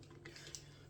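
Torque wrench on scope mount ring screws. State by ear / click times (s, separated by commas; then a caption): torque reached / 0.5 s. A preset torque wrench tightens the ring or mount screws on a Nightforce scope until it breaks over at the set poundage. A short, sharp click rises above a low steady hum at 0.5 s. The wrench has reached its torque setting, and the screw is tightened to the correct value.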